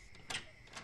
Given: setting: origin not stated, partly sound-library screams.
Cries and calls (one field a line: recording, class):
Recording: one-second piece from a danger detection set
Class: normal situation